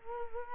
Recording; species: mosquito wingbeat signal from an infrared sensor; Culex quinquefasciatus